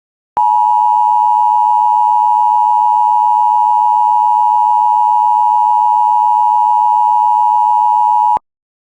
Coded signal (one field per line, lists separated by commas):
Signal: Emergency Alert System (SAME) tones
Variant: 853 and 960 Hz attention tone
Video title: LITTLE ROCK SVR EAS #155